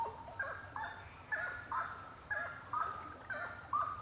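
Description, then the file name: Birds singing in short, clear notes that slide and dip, repeated roughly once a second against a faint steady high whine. Birds singing at night; intense song. "Passaros cantando a noite canto intenso"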